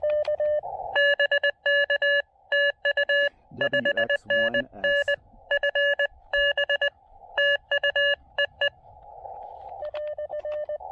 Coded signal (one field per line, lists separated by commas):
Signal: Morse code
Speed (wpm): 20 wpm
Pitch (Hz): 1700 Hz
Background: none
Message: BK TU 5NN FB TU E E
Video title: Foggy SOTA: Pairing the Elecraft KX2 and MPAS Lite for brilliant QRP fun on Craggy Dome!